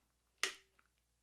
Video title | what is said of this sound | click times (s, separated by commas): Libec RH45R el sistema de tripié de Libec para cámaras más pesadas | le doy clic acá y lo ajustó por ejemplo en el nivel 1 oyeron | 0.4 s